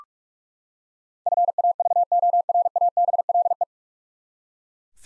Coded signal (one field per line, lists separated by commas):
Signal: Morse code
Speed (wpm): 42 wpm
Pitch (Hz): 700 Hz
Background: none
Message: FAVORABLE